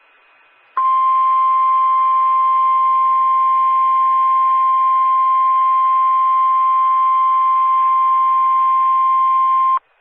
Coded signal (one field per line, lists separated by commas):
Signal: Emergency Alert System (SAME) tones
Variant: 1050 Hz attention tone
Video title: There's More Floodz...EAS Alerts From August 13, 2020 (EAS #358-364)